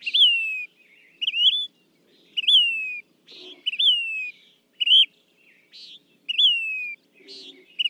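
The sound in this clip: Say's phoebe calls in an irregular sequence of drooping whistled notes and rougher rising chips, with a couple of faint low knocks behind.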